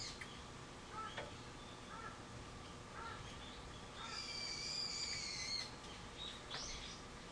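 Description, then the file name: Bird calls: a few short harmonic notes early on, then a longer high note with a slight fall, over steady background hiss. Recorded 24 March 2023. "bird-01 230324"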